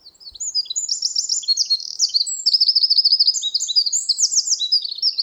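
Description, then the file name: Eurasian wren singing continuously: loud, high, rapid twitters and fast rattling trills in quick succession. "Troglodytes troglodytes"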